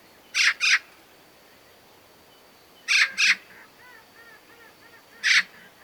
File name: Pica pica